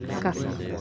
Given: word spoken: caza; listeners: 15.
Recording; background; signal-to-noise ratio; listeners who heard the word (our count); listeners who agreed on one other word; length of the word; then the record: one Spanish word in noise, from a listening test; eight-talker babble; 0.6 dB; 1 of 15; 12 of 15; 0.41 s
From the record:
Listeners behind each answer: 12, 1, 1, 1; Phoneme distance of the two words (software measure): 10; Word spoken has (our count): 2 syllables, 4 phonemes, stress on syllable 1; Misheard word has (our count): 2 syllables, 4 phonemes, stress on syllable 1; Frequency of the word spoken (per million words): 25.39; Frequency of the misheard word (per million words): 557.58